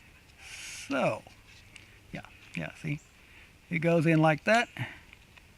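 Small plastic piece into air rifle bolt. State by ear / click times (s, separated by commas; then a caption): not seated / none. During reassembly of a Crosman 1322/1377 (PC77) pump air rifle, a small plastic piece is being pressed into place on the bolt while someone talks. Faint handling ticks are heard between the words. The clip ends before the piece goes home, and nothing has seated or clicked yet.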